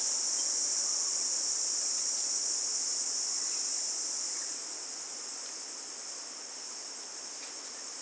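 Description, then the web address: Cricket chorus, a dense high-pitched trill that softens slightly halfway through, with no other clear sounds. Australian bush. "Australian Nature Sounds - Crickets Tropical Birds Morning Birds Bird Calls"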